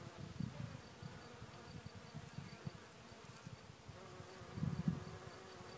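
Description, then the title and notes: Bees buzzing: a steady low drone from many insects, with louder passes swelling near the start and toward the end. A group of bees recorded in Bergerac, South of France. "A bunch of Bees recorded in Bergerac in the South of France."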